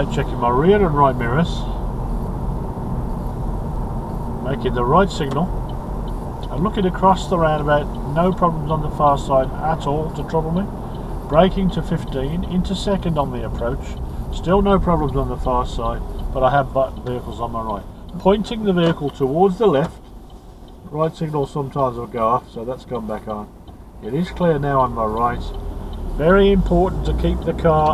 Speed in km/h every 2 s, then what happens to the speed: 34, 34, 34, 34, 32, 31, 23, 16, 13, 6, 2, 0, 0, 6.
0-10 steady at about 34. 10-20 slows to 2. 20-25 standing. 25-28 pulls away to 6.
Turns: none.